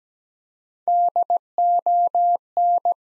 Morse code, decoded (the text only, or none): DON